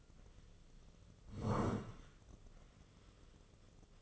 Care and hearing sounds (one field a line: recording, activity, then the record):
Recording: daily activity, microphone in the room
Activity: sit down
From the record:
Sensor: 4